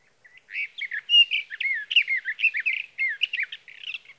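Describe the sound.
Sage thrasher song: a fast, jumbled stream of whistled and burry phrases that tumble up and down without pause for about three and a half seconds.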